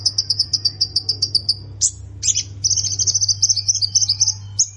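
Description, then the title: Plain prinia singing a rapid run of high, clipped buzzy notes, then sharp slurred chirps and a longer warbling trill, with constant low humming underneath. "Ciblek Sawah"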